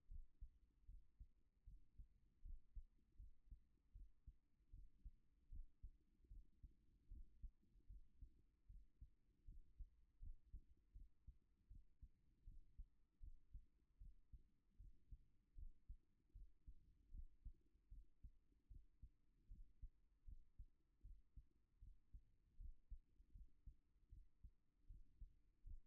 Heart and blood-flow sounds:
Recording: heart sounds by stethoscope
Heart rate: 77 bpm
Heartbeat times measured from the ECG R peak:
0.07 s: heartbeat
0.85 s: heartbeat
1.63 s: heartbeat
2.41 s: heartbeat
3.15 s: heartbeat
3.91 s: heartbeat
4.69 s: heartbeat
5.48 s: heartbeat
6.27 s: heartbeat
7.07 s: heartbeat
7.86 s: heartbeat
8.65 s: heartbeat
9.44 s: heartbeat
10.18 s: heartbeat
10.92 s: heartbeat
11.67 s: heartbeat
12.43 s: heartbeat
13.19 s: heartbeat
13.97 s: heartbeat
14.76 s: heartbeat
15.54 s: heartbeat
16.31 s: heartbeat
17.10 s: heartbeat
17.88 s: heartbeat
18.67 s: heartbeat
19.47 s: heartbeat
20.24 s: heartbeat
21.01 s: heartbeat
21.78 s: heartbeat
22.56 s: heartbeat
23.31 s: heartbeat
24.08 s: heartbeat
24.86 s: heartbeat
25.62 s: heartbeat
From the record:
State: at rest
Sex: female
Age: 33 years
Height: 160 cm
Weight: 54 kg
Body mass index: 21.09

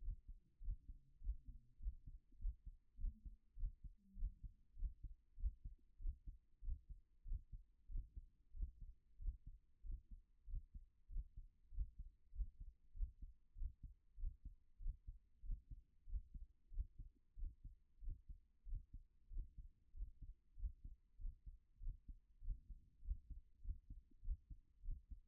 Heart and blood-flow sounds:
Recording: heart sounds by stethoscope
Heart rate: 97 bpm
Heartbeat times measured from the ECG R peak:
0.02 s: heartbeat
0.63 s: heartbeat
1.22 s: heartbeat
1.81 s: heartbeat
2.40 s: heartbeat
2.99 s: heartbeat
3.58 s: heartbeat
4.17 s: heartbeat
4.78 s: heartbeat
5.38 s: heartbeat
6.00 s: heartbeat
6.63 s: heartbeat
7.27 s: heartbeat
7.90 s: heartbeat
8.55 s: heartbeat
9.21 s: heartbeat
9.85 s: heartbeat
10.48 s: heartbeat
11.11 s: heartbeat
11.73 s: heartbeat
12.34 s: heartbeat
12.95 s: heartbeat
13.57 s: heartbeat
14.18 s: heartbeat
14.81 s: heartbeat
15.44 s: heartbeat
16.08 s: heartbeat
16.72 s: heartbeat
17.38 s: heartbeat
18.03 s: heartbeat
18.67 s: heartbeat
19.32 s: heartbeat
19.95 s: heartbeat
20.58 s: heartbeat
21.20 s: heartbeat
21.82 s: heartbeat
22.43 s: heartbeat
23.03 s: heartbeat
23.63 s: heartbeat
24.23 s: heartbeat
24.84 s: heartbeat
From the record:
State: at rest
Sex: female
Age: 44 years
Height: 167 cm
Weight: 64 kg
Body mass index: 22.95

